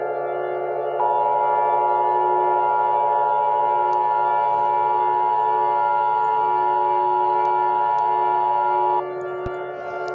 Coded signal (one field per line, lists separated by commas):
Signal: Emergency Alert System (SAME) tones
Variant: 853 and 960 Hz attention tone